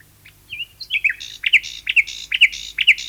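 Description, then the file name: Common nightingale song: a few whistled notes leading into a rhythmic series of repeated sharp chirps, roughly two per second, with no other sounds. "Nachtegaal 2-Sound Cloud - Beeld en Geluid"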